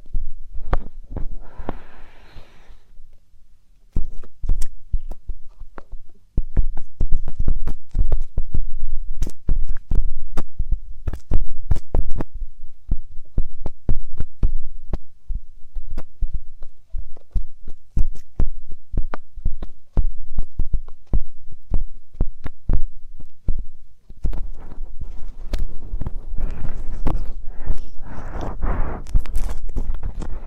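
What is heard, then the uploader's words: Dense, irregular crackling taps and low thumps sound inside the ear, with a brief quiet gap near four seconds and rustling toward the end. ASMR Inner Ear and Ear Drum Stimulation (No Talking).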